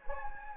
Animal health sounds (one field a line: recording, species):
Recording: mosquito wingbeat signal from an infrared sensor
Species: Anopheles gambiae